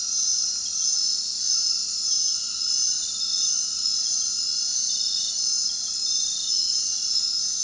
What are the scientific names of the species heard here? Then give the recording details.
none. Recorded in dense forest near Puerto Asís, Putumayo, Colombia, on 18 February 2024 at 22:30. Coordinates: 0.466, -76.327. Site G6413